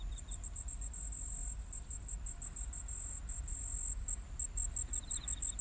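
Cricket trilling: high pulsed chirps run in quick bursts, with short gaps, over deep background rumble and a faint second, lower chirper at times.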